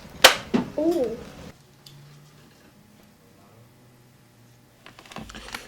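A hinged top part that lifts up is pushed all the way down onto its base until it latches, with a sharp, loud click at 0.2 s. Someone talks, followed by quieter handling sounds and a few faint ticks near the end. The part is seated.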